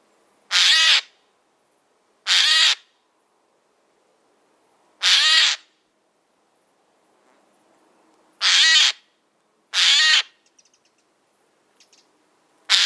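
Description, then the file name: Eurasian jay giving several raucous, grating screeches spaced irregularly, with a few faint clicks in between. "Garrulus glandarius"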